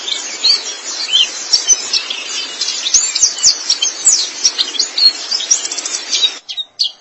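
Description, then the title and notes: White-eye song: a dense, fast warble of high, swirling chirps that cuts off abruptly near the end. "Kicauan Burung Pleci Durasi Panjang. Suara kicauan burung pleci"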